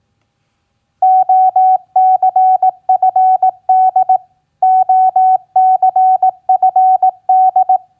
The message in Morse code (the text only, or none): OCFD OCFD